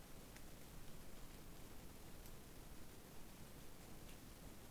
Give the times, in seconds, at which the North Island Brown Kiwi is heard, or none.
none